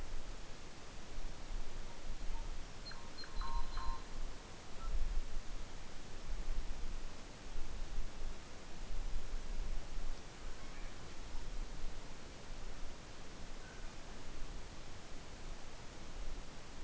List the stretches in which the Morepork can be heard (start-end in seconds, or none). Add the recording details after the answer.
none. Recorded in New Zealand on 12 November 2013. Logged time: 02:19. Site Ponui